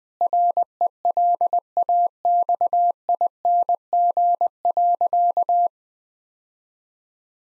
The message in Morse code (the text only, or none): RELAXING.